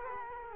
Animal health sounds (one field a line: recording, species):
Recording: mosquito wingbeat signal from an infrared sensor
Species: Culex quinquefasciatus